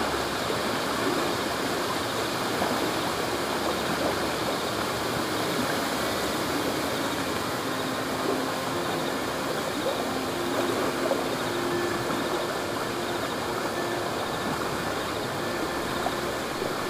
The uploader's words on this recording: Immerse yourself in the calming sounds of gently flowing river water. The gentle chorus of night crickets becomes a natural lullaby.